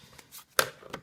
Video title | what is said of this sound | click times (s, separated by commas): Competition: PTS Masada/ACR: Magazine/Midcap | so overall once you do that modification it locks in with a satisfying click comes out decently | 0.6 s